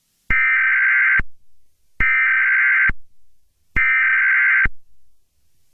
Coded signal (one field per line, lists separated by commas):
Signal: Emergency Alert System (SAME) tones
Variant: header bursts